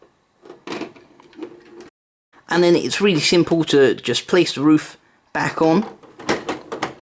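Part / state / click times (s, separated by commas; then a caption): plastic brick roof section onto a brick building's top tiles / seated / 6.3 s, 6.8 s. The removable roof section of a plastic Lego brick building is set back onto the building and pressed down onto the smooth tiles on top, with light plastic clatter from about 0.7 to 1.4 s while someone talks. The roof locks into place with sharp clicks at about 6.3 s and 6.8 s.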